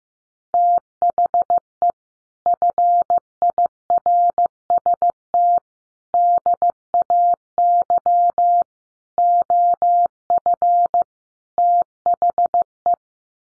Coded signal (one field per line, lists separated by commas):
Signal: Morse code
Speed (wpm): 15 wpm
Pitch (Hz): 700 Hz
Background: none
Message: THE FIRST DAY OF THE